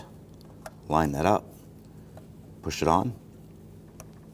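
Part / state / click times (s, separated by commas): wiring harness connector onto ignition coil / seated / 4.0 s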